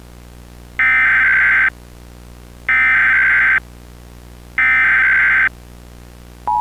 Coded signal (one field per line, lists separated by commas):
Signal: Emergency Alert System (SAME) tones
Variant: header bursts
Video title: EAS Mock: Tennessee Blue Alert Recreation